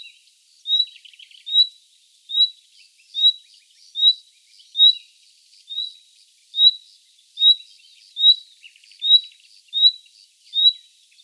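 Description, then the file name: Common nightingale calling: a high, thin whistled note repeated steadily a little faster than once a second, with a few faint, soft rattling notes between some of the whistles. "Luscinia megarhynchos"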